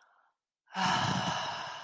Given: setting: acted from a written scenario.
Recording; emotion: vocal sound without words; serenity